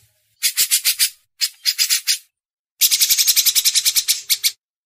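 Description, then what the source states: Grey-cheeked Bulbul giving three bursts of rapid, rasping chatter, the last longest and densest, with faint low thumps underneath. Cucak jenggot song used for masteran training.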